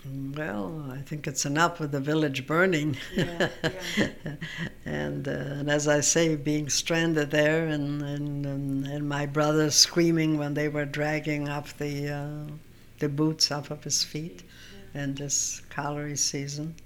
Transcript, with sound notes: Well, I think it's enough with the village burning. (laughs)
Yeah, yeah.
And, as I say, being stranded there, and my brother screaming when they were dragging off the, the boots off of his feet, and this cholerya season.